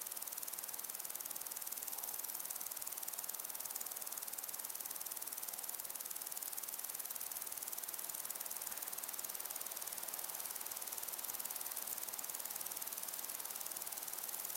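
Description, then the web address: Steady cricket chorus of rapid, high, regular pulses running unbroken for the whole stretch, mixed with a faint hissing background. Crickets and other insects in windy long grass. "beanstalk-audio Crickets and insects in windy long grass"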